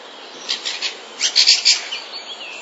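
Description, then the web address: Common starling song, a brief run of three chirpy notes, then a tight cluster of louder sparrow-like chirps, followed by a faint whistle. Starling song containing sounds borrowed from sparrows. "wroblowe zapozyczenia szpaki"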